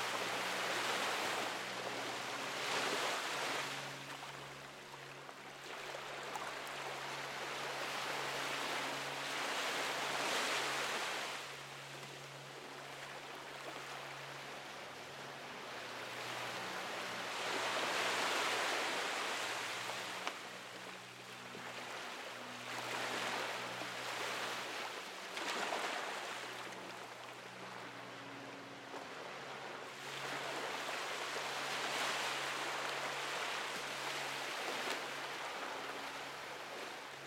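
Ocean waves roll in and wash ashore in broad hissing swells, cresting about every seven or eight seconds and easing back in between. Underneath, soft, low sustained piano chords repeat and shift slowly, mostly covered by the surf.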